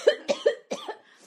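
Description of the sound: A quick run of four or five short, voiced coughs from an adult woman within about a second, each a sharp burst with some throat noise between them, coming on while she reads aloud. An ordinary brief coughing fit in a small room, with no wheeze or stridor.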